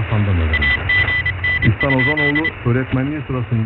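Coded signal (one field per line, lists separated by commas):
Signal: Morse code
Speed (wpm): 27 wpm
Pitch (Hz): 2000 Hz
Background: speech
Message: AGN?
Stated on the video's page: Heard on the 30 m band at 10110 kHz alongside the Voice of Turkey broadcast.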